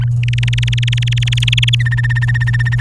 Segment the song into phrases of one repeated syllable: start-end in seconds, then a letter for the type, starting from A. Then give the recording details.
0.00-0.04 A, 0.23-1.75 B, 1.79-2.80 C. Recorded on 24 April 2018 at 10:18. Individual llb3